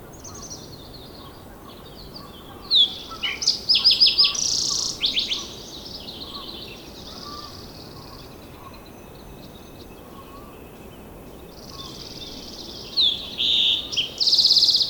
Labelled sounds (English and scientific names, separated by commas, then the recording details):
Green-tailed Towhee (Pipilo chlorurus) song
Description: Green-tailed Towhee song recorded at the Alluvial Fan in Rocky Mountain National Park
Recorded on 19 May 2016